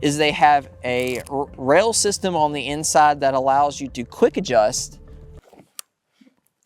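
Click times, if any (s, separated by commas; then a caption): 5.8 s. Someone talks about a battle belt's inner rail system for quick adjustment, then the inner rail adjuster is moved and clicks into its locked position with a sharp click at 5.8 s, followed by a few faint ticks. The quick-adjust rail seats into place.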